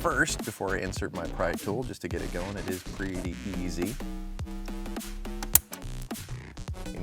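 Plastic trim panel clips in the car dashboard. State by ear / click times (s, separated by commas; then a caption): released / 5.5 s. A plastic dashboard trim panel around the head unit of a BMW M6 F13 is pulled down and pried with a pry tool while someone talks over background music. Its retaining clips snap loose with a sharp crack at 5.5 seconds, and the panel is released; the snapping is normal.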